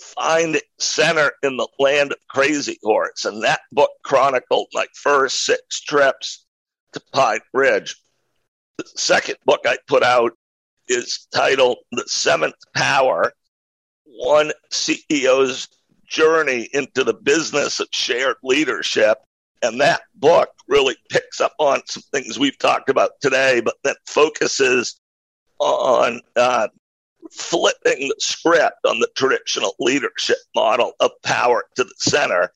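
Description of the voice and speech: Adult man speaks with strained, creaky, choppy voicing and frequent breaks, from a rare neurological voice disorder acquired about ten years earlier that once made speaking particularly difficult; his voice has since improved and he now speaks without pain, though it still sounds unusual, a partial loss of voice.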